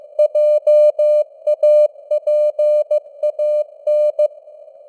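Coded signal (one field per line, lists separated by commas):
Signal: Morse code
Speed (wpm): 15 wpm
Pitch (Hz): 600 Hz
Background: none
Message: JAPAN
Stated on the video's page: News headlines in Morse at 15 wpm with simulated radio noise and varying signal strength (QSB).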